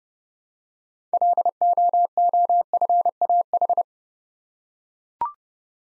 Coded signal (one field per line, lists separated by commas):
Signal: Morse code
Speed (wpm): 30 wpm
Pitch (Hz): 700 Hz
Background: none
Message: LOOFAH